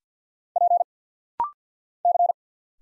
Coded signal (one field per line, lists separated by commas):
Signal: Morse code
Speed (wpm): 54 wpm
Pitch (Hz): 700 Hz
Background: none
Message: P C